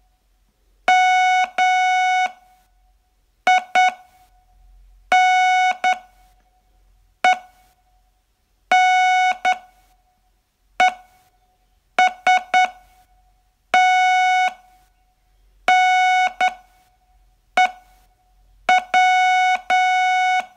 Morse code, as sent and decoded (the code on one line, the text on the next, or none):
-- .. -. . -. . ... - -. . .--
MINENESTNEW